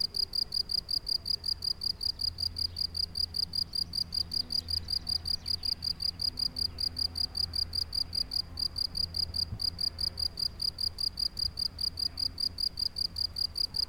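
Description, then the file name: Crickets giving a steady stream of fast, regular high chirps throughout, with a faint low rumble underneath. Chirring crickets recorded at Mümliswil in the Jura, Switzerland, on 22 June 2008. "20080622 Jura Muemliswil Chirr Of Crickets"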